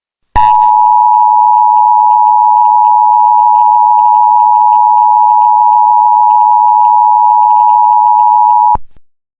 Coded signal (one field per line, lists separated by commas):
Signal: Emergency Alert System (SAME) tones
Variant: 853 and 960 Hz attention tone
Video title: EAS Scenario #3: Irradiating Chaos.